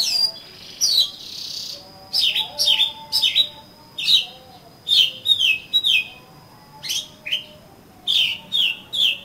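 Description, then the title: Oriental magpie-robin song: loud clipped whistles and downslurs in clusters of two or three, repeated throughout, with a constant faint high tone behind. "Kacer Kacer"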